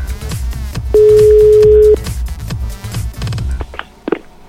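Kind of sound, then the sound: signal or alarm, telephone busy signal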